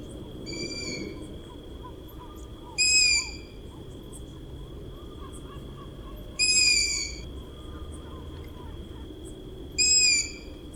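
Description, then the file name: Long-eared owl calls: a fainter screech, then three squealing, wheezy screeches spaced roughly three and a half seconds apart, with faint soft notes and a constant high whine between them. Chicks and a female calling at the nest. "Ushastaya sova - Krik ptencov i samki u gnezda"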